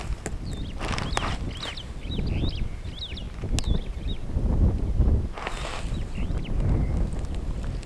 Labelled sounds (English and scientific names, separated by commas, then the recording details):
Superb Starling (Lamprotornis superbus) flight call
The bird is a male
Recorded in Kenya on 10 June 2010
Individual 7, of group CF1